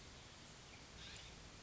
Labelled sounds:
California Scrub-Jay

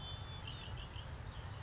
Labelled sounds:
Red-winged Blackbird

